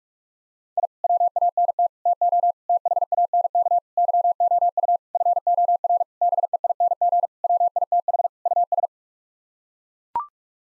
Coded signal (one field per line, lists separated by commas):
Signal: Morse code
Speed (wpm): 41 wpm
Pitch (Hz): 700 Hz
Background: none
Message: I WANT TO THANK YOU FOR BEING WITH US